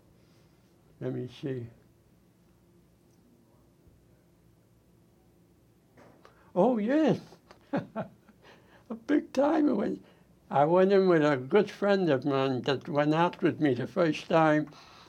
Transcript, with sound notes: Let me see ---- Oh yes. [laughs] A big-time—I went. I went in with a good friend of mine, that went after me the first time.